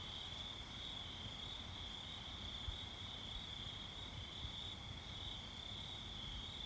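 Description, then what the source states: Cricket chorus of continuous high-pitched chirring, even and unchanging, with soft low rumble and a couple of faint clicks underneath. Night ambience.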